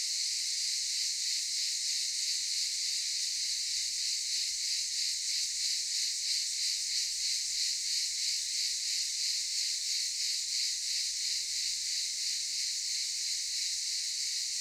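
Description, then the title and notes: Cicada chorus, an unbroken high, harsh buzz with a steady rapid throb, about three pulses each second throughout. Cicadas recorded in daytime at Aylak Yaşam Camp, Çıralı, Kemer, Antalya, Turkey. "Ulupınar Mahallesi, Çıralı Yolu, 07980 Kemer/Antalya, Turkey - Cicadas daytime. Aylak Yaşam Camp, cicadas in daytime"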